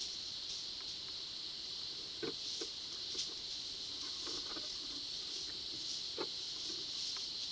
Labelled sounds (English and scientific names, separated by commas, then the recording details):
none
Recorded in pastures near Puerto Asís, Putumayo, Colombia, on 20 February 2024 at 10:30
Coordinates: 0.497, -76.327
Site G7276